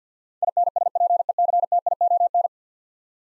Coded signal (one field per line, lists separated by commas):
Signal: Morse code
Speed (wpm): 50 wpm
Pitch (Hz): 700 Hz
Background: none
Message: INSPECTION